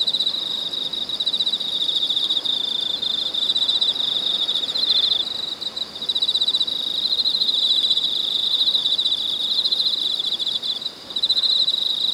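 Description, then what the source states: Shrill cicada chorus humming steadily on one high pitch with rapid pulses, briefly dipping near the fifth and eleventh seconds before resuming. Cicadas recorded in China.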